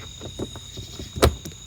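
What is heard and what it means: During a headlight installation on a 2011–14 Dodge Charger, a plastic bumper retaining clip is pushed back into the bumper cover, with soft rubbing and tapping followed by a louder thump around 1.2 seconds. A small, sharp click at 1.5 seconds marks the clip seating home, the last clip of the job.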